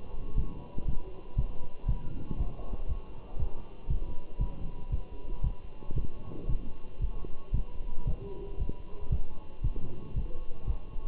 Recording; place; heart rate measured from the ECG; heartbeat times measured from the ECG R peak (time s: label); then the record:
heart sounds by stethoscope; between the tricuspid and mitral areas; 116 bpm
0.37 s: heartbeat
0.88 s: heartbeat
1.38 s: heartbeat
1.89 s: heartbeat
2.39 s: heartbeat
2.89 s: heartbeat
3.39 s: heartbeat
3.90 s: heartbeat
4.41 s: heartbeat
4.92 s: heartbeat
5.44 s: heartbeat
5.96 s: heartbeat
6.49 s: heartbeat
7.02 s: heartbeat
7.54 s: heartbeat
8.07 s: heartbeat
8.59 s: heartbeat
9.12 s: heartbeat
9.64 s: heartbeat
10.16 s: heartbeat
10.68 s: heartbeat
From the record:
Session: walking at 3.7 km/h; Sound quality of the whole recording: good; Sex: male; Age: 27 years